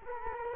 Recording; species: mosquito wingbeat signal from an infrared sensor; Culex quinquefasciatus